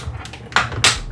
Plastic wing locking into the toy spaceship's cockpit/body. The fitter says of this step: and then it locks into place like the flying position.